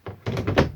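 A Garmin RV890 GPS/backup-camera display unit is pressed back into its in-dash mount, giving a quick series of five dull plastic thunks over less than a second. It snaps into place, with clicks at 0.1 s and 0.6 s, the last thunk being the loudest.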